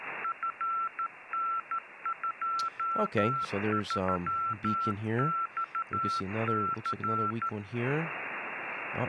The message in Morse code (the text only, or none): FN23XC